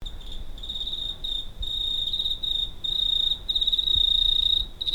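Cricket trilling, a shrill high buzz broken by brief, irregular pauses.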